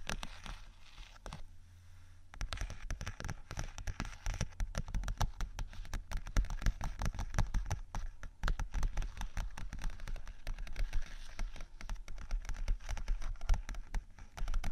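Fingers tap and scratch on vinyl in a dense, rapid patter of crisp clicks, quieter for the first two seconds, then continuous and busier throughout.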